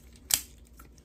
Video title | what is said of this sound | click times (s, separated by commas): Wreck n Doom Topspin VS Spinister two-pack!!! - Transformers Tuesdays | push and align. There we go. That clicks it all in. | 0.3 s